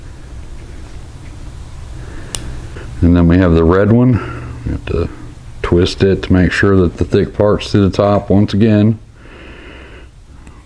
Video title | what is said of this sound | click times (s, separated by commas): ⚡Road Glide Handlebar Install Road 6 Customs 2015 - 2023⚡ | it in till it clicks and | 2.3 s